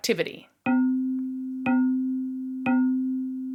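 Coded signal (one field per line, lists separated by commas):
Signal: none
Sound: quiz music chime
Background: speech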